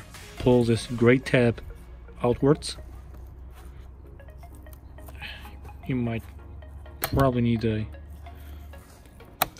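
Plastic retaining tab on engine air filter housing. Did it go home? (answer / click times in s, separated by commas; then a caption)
released / 9.4 s. On a 2011 Mercedes-Benz E350 Bluetec diesel, a plastic retaining tab on the engine air filter housing is pulled outwards while someone talks about possibly needing a flat screwdriver. Quiet clinks and small knocks follow, then a sharp, loud snap at 9.4 seconds as the tab pops open and releases.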